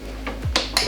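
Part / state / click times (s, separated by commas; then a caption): spring clip onto a drive pin groove / seated / 0.6 s, 0.8 s. A metal spring clip is pressed with a screwdriver onto a pin in the reel drive housing of a flex coupling being replaced. A soft scrape at 0.3 s is followed by sharp clicks at 0.6 s and 0.8 s as the clip snaps into the pin groove and seats.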